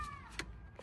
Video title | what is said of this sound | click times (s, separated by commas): How to change front and rear brake pads and rotors on Mercedes Benz CLA ( complete guide) | Cool, clicked as well. This one got a click over here. | 0.4 s